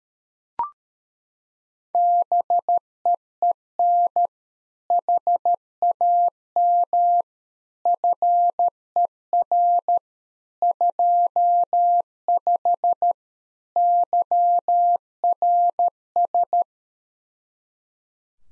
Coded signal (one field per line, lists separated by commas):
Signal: Morse code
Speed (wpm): 13 wpm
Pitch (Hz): 700 Hz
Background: none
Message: BEEN HAM FER 25 YRS